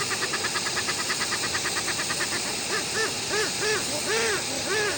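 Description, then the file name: Westland petrel song beginning with quick even pulses, then shifting to slower, louder arched braying notes over background hiss. "westland black petrel song"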